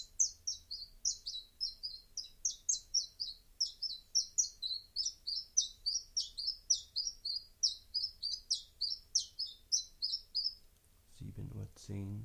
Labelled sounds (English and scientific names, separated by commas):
Common Chiffchaff (Phylloscopus collybita) song